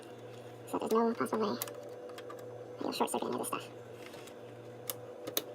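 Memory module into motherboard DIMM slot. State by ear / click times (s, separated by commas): seated / 4.9 s, 5.4 s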